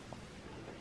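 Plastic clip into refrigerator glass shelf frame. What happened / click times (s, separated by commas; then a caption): The plastic shelf clip snapped into its frame / 0.1 s. A plastic trim clip on the bottom glass shelf of a Samsung refrigerator is pushed back through and clips into the shelf frame. A short, sharp click is heard at 0.1 s over a steady background hum, and the clip is seated.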